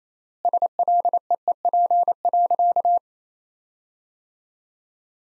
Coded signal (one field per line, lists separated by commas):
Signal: Morse code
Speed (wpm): 28 wpm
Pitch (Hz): 700 Hz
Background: none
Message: SLEEP.